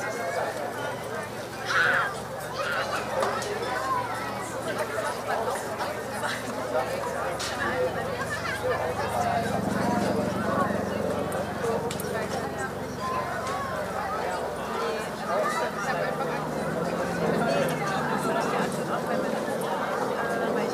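A summer evening in Berlin: people talk continuously over a steady outdoor hum, voices overlapping into a dense chatter. A low rumble swells around the middle, likely a passing vehicle, and a brief louder sound stands out near the two-second mark.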